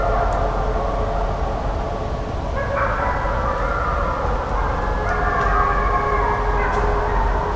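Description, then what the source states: Gray wolf: wolves howling, long drawn-out tones overlapping and sliding up and down, over constant pattering rain. Pack howling chorus including young wolves, heard in rain, Dresdner Heide between Langebrück and Radeberg, Dresden, Germany, late March around six o'clock, recorded incidentally by a hobby ornithologist.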